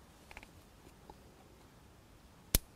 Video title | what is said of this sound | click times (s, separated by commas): How to Replace the Hydraulic Pump and Tonneau Cylinder - Chrysler Crossfire - Top Hydraulics, Inc. | There it is, clicked into place. | 2.5 s